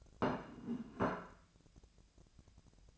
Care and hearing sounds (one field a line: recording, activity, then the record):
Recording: daily activity, microphone in the room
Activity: place plate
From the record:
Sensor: 2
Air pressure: 1000.0 hPa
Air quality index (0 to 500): 133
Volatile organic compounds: 2 ppm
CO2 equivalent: 1134 ppm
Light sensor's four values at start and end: 24/60/26/28 and 24/60/25/28